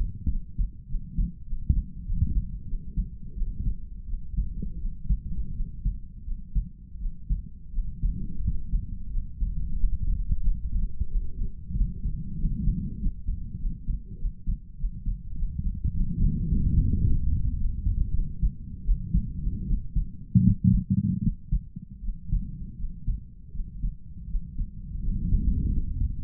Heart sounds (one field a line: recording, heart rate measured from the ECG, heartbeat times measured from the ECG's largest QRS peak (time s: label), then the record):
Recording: heart sounds by stethoscope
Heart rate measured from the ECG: 90 bpm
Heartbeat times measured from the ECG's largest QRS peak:
0.28 s: heartbeat
0.87 s: heartbeat
1.45 s: heartbeat
2.05 s: heartbeat
2.66 s: heartbeat
3.34 s: heartbeat
4.06 s: heartbeat
4.78 s: heartbeat
5.53 s: heartbeat
6.24 s: heartbeat
6.98 s: heartbeat
7.71 s: heartbeat
8.41 s: heartbeat
9.10 s: heartbeat
9.76 s: heartbeat
10.42 s: heartbeat
11.08 s: heartbeat
11.73 s: heartbeat
12.37 s: heartbeat
12.98 s: heartbeat
13.58 s: heartbeat
14.17 s: heartbeat
14.77 s: heartbeat
15.35 s: heartbeat
15.92 s: heartbeat
16.48 s: heartbeat
17.03 s: heartbeat
17.57 s: heartbeat
18.12 s: heartbeat
18.84 s: heartbeat
19.66 s: heartbeat
20.42 s: heartbeat
21.21 s: heartbeat
22.01 s: heartbeat
22.76 s: heartbeat
23.52 s: heartbeat
24.27 s: heartbeat
25.00 s: heartbeat
25.70 s: heartbeat
From the record:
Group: healthy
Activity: cold pressor test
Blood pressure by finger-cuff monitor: 97/68 mmHg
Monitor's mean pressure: 78 mmHg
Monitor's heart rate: 89 bpm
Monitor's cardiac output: 5.7 L/min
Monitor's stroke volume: 64 mL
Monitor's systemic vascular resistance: 1000 dyn s/cm5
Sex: male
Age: 22 years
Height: 181 cm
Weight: 60 kg